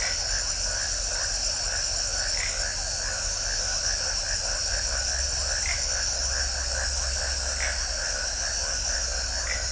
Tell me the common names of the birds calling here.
none